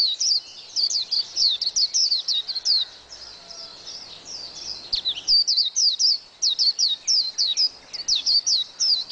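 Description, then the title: White-eye song: rapid bursts of high, thin twittering notes delivered in long chattering phrases, with a brief pause near the middle before the twitter resumes. "Pleci"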